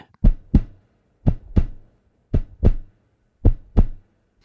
A heartbeat.